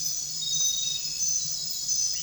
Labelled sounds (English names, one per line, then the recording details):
none
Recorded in dense forest near Puerto Asís, Putumayo, Colombia, on 21 December 2024 at 22:30
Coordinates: 0.484, -76.317
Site G026